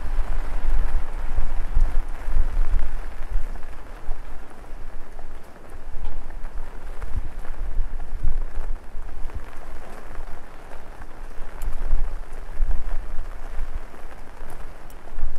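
Rain patters steadily on an umbrella while walking through a busy downtown city at night. A dense, even hiss of drops fills the whole clip, over a low rumble of traffic that swells now and then, with scattered sharper taps throughout.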